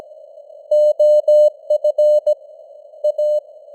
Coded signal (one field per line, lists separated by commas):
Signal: Morse code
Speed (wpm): 17 wpm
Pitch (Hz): 600 Hz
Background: none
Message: OF A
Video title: Morse Code News | 2025-11-03 | 17wpm